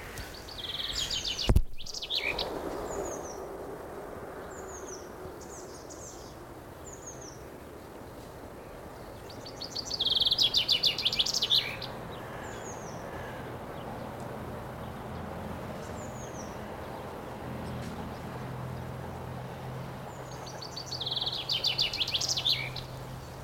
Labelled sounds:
Common Chaffinch (Fringilla coelebs)
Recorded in the wild
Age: adult
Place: Friedhof Niederschönhausen III, Berlin, DE
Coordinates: 52.571, 13.386
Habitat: Stadtfriedhof
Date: 1992-04-17 10:26
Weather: heiter, 2-3°C
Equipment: Nagra SN, Mikrofon AKG CK 8, Kopie Tesla B 116
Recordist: Tembrock, Günter

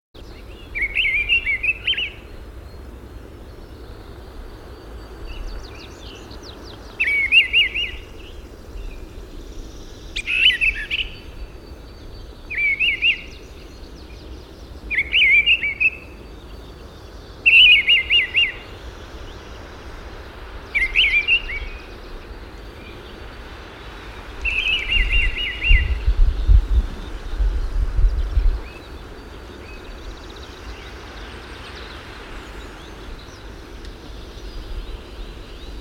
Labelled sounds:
Mistle Thrush (Turdus viscivorus) song
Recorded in the wild
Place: Schwerin, Schweriner Außensee, Mecklenburg-Vorpommern, DE
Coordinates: 53.721, 11.461
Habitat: lake
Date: 1975-05-09
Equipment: Nagra III BH, Sennheiser MD 21, parabola
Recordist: Schubert, Michael
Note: Gesang Misteldrossel

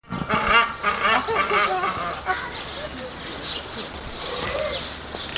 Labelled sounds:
Southern Rockhopper Penguin (Eudyptes chrysocome) call
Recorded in captivity
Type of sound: call sequence
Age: adult
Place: Zoo Berlin, Berlin, DE
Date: 1986-05-02 11:22
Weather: sonnig, 17°C
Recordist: Tembrock, Günter
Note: Unvollständige Lautfolge (nur Schluß)

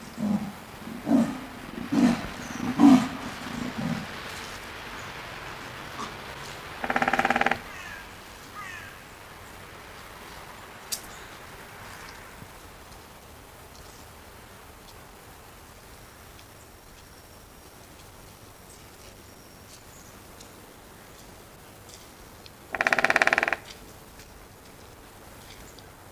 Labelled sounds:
Leopard (Panthera pardus) contact call
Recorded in captivity
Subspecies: japonensis
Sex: female
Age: adult
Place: Zoo Rostock, Mecklenburg-Vorpommern, DE
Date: 1984-02-02 12:00
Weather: overcast, 2°C
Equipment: Nagra SN, Kopie Uher 4000 Report Monitor
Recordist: Tembrock, Günter

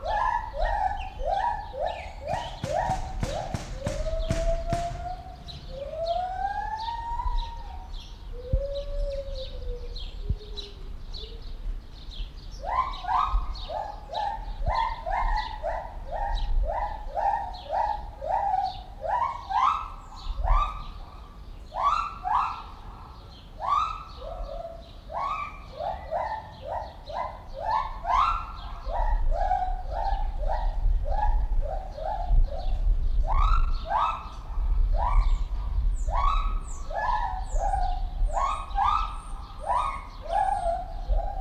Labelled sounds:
Lar Gibbon (Hylobates lar)
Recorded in captivity
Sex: female
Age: adult
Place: Zoo Berlin, Berlin, DE
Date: 1994-04-02 10:02
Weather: wolkig bis heiter, 8-10°C
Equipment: Marantz CP 430, Sennheiser ME 80, Kopie Uher Variocord 263
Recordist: Tembrock, Günter
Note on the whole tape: Weibchen: aus unsichtbarer Anlage oben im Affenhaus, nach Stimme identifiziert, Strophen- und Ruffolgen (längere Stücke)

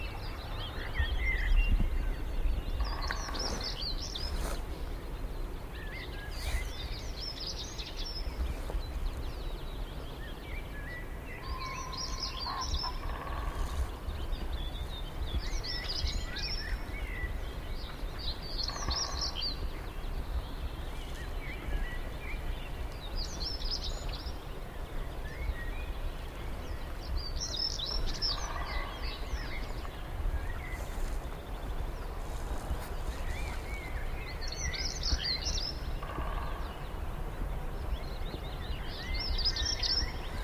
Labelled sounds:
European Stonechat (Saxicola rubicola)
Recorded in the wild
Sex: male
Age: adult
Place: Hobrechtsfelder Rieselfelder, Naturpark Barnim, Berlin, DE
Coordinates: 52.6631, 13.4806
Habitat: irrigation field
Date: 2010-04-18
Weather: fair, 5°C, no wind
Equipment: Sound Devices 702, Sennheiser MKH 70, Rycote Windschutz
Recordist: Frommolt, Karl-Heinz

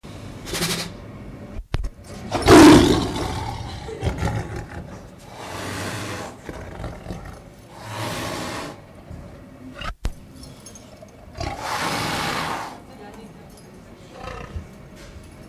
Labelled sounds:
Tiger (Panthera tigris) snorting
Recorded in captivity
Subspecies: sumatrae
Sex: diverse
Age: adult
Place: Tierpark Berlin, Berlin, DE
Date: 1977-02-20 15:20
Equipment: Nagra SN, AKG CK 5, Kopie Uher 4200
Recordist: Tembrock, Günter
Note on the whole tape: Sumatratiger, zunächst Weibchen mit Prusten, dann Kater in Abwehr (Stoßlaut), dann wieder Weibchen Prusten. Abstand ca

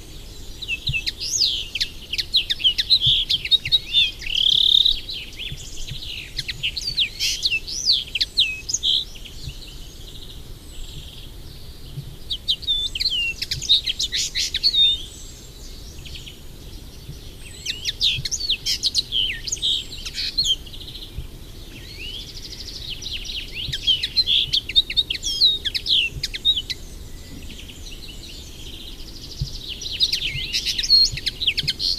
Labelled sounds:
Common Linnet (Linaria cannabina) song
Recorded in the wild
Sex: male
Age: adult
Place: Erlangen, Bayern, DE
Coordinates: 49.6075, 11.0092
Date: 1963-06-30
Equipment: Original, Vollspur
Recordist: Tretzel, Erwin
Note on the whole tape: Burgberg (Garten): Hänfling: Gesang

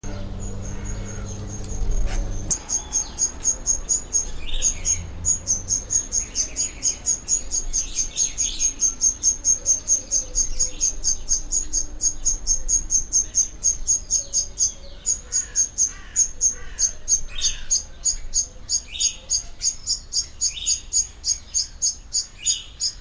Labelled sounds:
Grosbeak Starling (Scissirostrum dubium) call
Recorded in captivity
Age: adult
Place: Zoo Berlin, Berlin, DE
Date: 1998-06-20 11:46
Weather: partly cloudy, 22°C
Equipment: Sony MD-WM MZ-R3, Sennheiser ME 80, Kopie Uher 4000 Report Monitor
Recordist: Tembrock, Günter

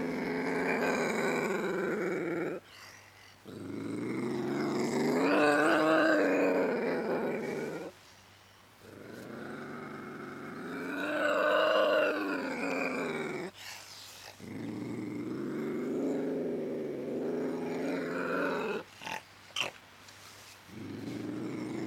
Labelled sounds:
Ocelot (Leopardus pardalis)
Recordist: Tembrock, Günter

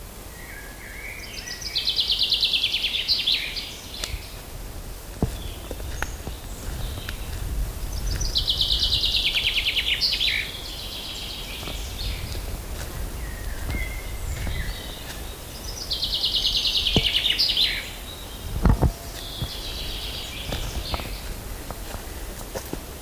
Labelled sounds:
Common Chaffinch (Fringilla coelebs) song
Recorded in the wild
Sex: male
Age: adult
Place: Mühlenbecker Wald, Brandenburg, DE
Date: 1997-06-07 15:50
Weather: fair, ca. 26°C, gusty winds
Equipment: Nagra SN, Kopie Uher 4000 Report Monitor
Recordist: Tembrock, Günter
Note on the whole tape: Männchen: Gesang, am Mühlenbecker See

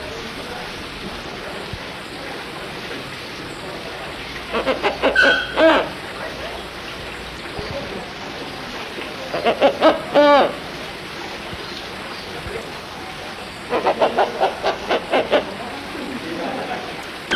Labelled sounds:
Blyth's Hornbill (Rhyticeros plicatus) call
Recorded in captivity
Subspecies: ruficollis
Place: Vogelpark Walsrode, Niedersachsen, DE
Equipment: Halbspur, 9,5 cm/s
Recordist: Lütgens, Hans
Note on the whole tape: Rufe

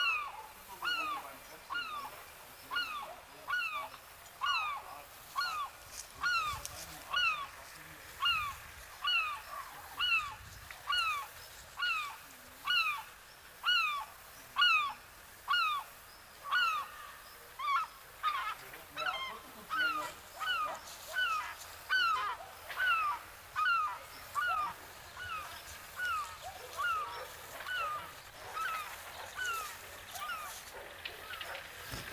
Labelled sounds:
European Herring Gull (Larus argentatus)
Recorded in the wild
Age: adult
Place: Bansin, Insel Usedom, Mecklenburg-Vorpommern, DE
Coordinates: 53.9603, 14.1317
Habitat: lake
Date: 1983-09-23 18:08
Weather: sunny, gusty winds
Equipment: Nagra SN, Sennheiser MKH 416 T, Kopie Uher 4000 Report Monitor
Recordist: Tembrock, Günter
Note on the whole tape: Auf dem Gothensee: Rufe gereiht, dann bei und nach Abflug

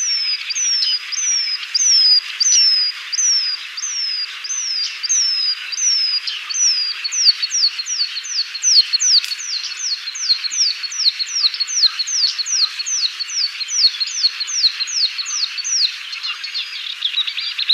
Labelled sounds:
Moustached Warbler (Acrocephalus melanopogon) song
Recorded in the wild
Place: Damtschik/Wolgadelta, RU
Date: 1995-05-17
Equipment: Dat-Recorder Casio DA 7, Telinga DAT, Telinga-Parabolspiegel
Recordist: Schwarz, Dieter

